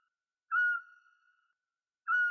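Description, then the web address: Eurasian scops owl giving a single clear, steady whistled note that fades out, with the next note beginning about one and a half seconds later against silence. "Otus scops"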